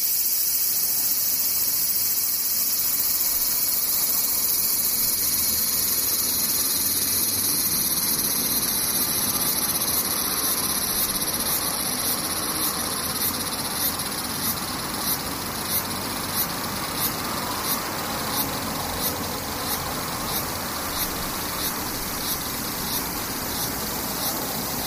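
Cicadas drone in a dense, steady high buzz that runs the whole length. From about ten seconds a rhythmic pulsing chirp joins in, repeating roughly twice a second to the end, over a low constant hum of background noise.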